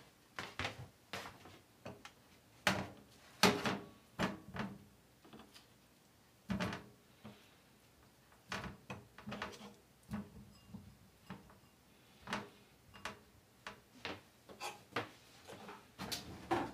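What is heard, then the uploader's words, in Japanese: Kitchen work around a simmering dish and a knife being sharpened: sharp clacks and knocks arrive irregularly, roughly one or two each second, some short and dry, others with a brief ringing tail. A soft, low hiss runs underneath throughout. 煮物と包丁研ぎ。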